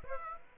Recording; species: mosquito wingbeat signal from an infrared sensor; Aedes aegypti